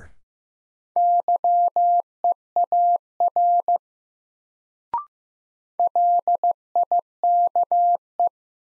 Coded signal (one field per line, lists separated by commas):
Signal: Morse code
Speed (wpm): 15 wpm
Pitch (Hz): 700 Hz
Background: none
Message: YEAR LIKE